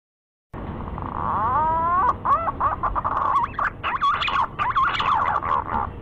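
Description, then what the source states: Green pigeon giving a series of rising, looping whistles that break into rapid warbling, wavering notes. Lure call used to attract green pigeons.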